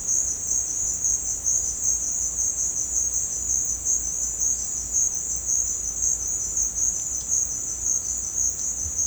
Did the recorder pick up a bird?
no